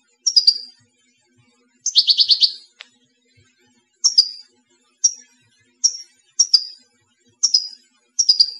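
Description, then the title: European goldfinch giving high, down-slurred notes about once a second, broken by a short rattling burst of repeated chips. "Chant Chardonneret"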